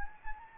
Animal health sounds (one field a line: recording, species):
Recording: mosquito wingbeat signal from an infrared sensor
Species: Anopheles gambiae